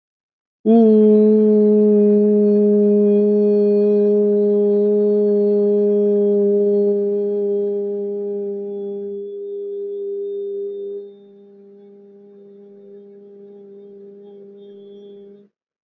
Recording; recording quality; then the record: sustained vowel as in boot; excellent, no background noise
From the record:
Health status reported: COVID-19 positive, mild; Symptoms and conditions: none ticked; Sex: male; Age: 23 years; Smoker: not ticked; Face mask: not worn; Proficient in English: yes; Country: India